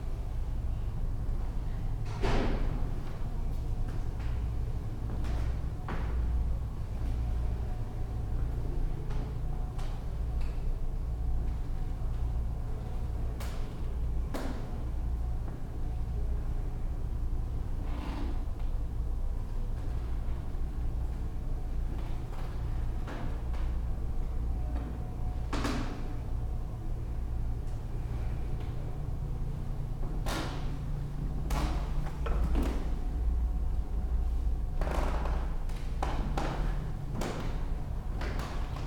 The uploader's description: Lots of creaking floorboards contrasted with creaking floorboards under wall-to-wall carpet - still the omnipresent HVAC noise - and the crackling sound from a neon light sculpture.